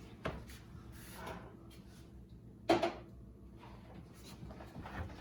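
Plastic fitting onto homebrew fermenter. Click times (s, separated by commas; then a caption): 0.2 s, 2.7 s. A sanitized plastic fitting, either the bottling tap or a lid fitting, is pushed together by hand onto a homebrew fermenter and may be taken off and refitted. Sharp snaps are heard at 0.3 s and 2.7 s, with the second one the loudest, against a faint, rubbing background. The fitting pops in and snaps on with its little clip, and is seated.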